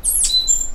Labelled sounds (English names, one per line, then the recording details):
Stitchbird song
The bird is a male
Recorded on Tiritiri Matangi Island, New Zealand, in 2005
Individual 10, of nest box 12